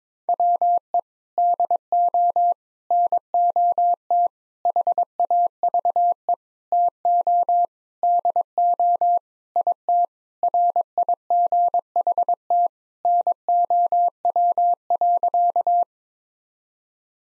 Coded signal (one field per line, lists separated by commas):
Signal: Morse code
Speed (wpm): 22 wpm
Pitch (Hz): 700 Hz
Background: none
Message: WE DO NOT HAVE TO DO IT RIGHT NOW.